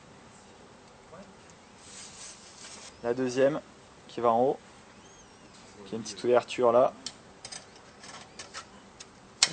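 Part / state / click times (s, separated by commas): clutch component into motorcycle clutch assembly / seated / 9.4 s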